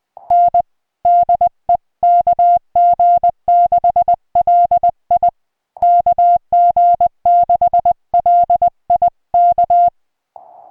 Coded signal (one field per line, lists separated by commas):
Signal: Morse code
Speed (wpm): 20 wpm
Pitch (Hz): 700 Hz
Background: music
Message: N DE KG6LI KG6LI K